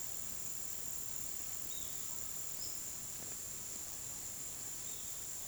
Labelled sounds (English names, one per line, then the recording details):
none
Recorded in pastures near Puerto Asís, Putumayo, Colombia, on 19 February 2024 at 16:30
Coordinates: 0.466, -76.323
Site G6384